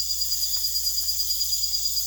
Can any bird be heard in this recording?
no